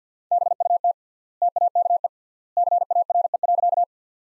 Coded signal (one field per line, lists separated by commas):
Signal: Morse code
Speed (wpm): 50 wpm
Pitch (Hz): 700 Hz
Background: none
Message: BUT TAKE CARE.